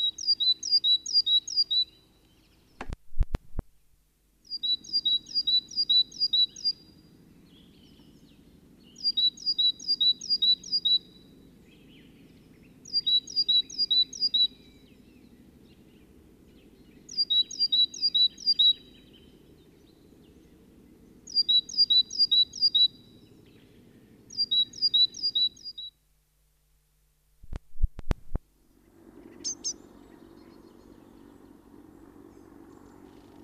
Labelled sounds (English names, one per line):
Great Tit call